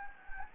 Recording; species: mosquito wingbeat signal from an infrared sensor; Anopheles gambiae